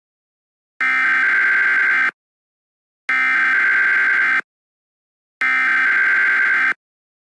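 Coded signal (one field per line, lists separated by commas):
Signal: Emergency Alert System (SAME) tones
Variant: header bursts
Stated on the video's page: Simulated National Emergency EAS scenario.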